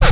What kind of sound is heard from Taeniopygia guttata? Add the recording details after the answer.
kackle call. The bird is a male. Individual mal11